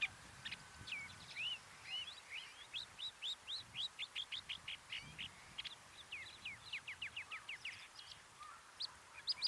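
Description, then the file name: Long-tailed shrike singing a rapid series of short clipped notes, mostly evenly spaced, mixed with brief whistles and a few harsher sounds. "Ruud van Beusekom - Dlinnohvostyj sorokoput Lanius schach"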